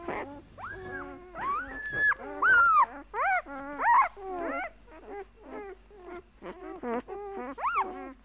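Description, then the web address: Dog whining and yelping in a rapid, irregular series of high, tonal cries that rise and fall, with brief pauses between bursts. "animali cani cani dog"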